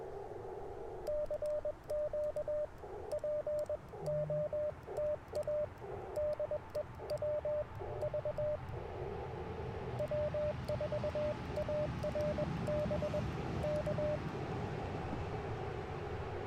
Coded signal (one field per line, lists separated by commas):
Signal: Morse code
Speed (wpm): 21 wpm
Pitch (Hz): 600 Hz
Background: radio noise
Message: CQ POTA DE WV W4ARB K